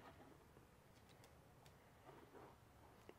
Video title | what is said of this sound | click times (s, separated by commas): Updated Small-Scale Modular Paramotor Frame Design | there we go snaps into place and then we'll do the same thing over here | 3.1 s